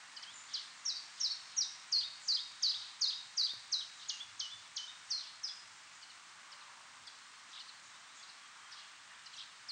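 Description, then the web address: Common chiffchaff song: a steady series of high, clipped notes, about three per second, for about six seconds before falling quiet, with a few faint notes at the end and a faint background hiss. Turku, Finland; 6 July 2007, 06:05 in the morning. "hlehto. phycol 0605 turku"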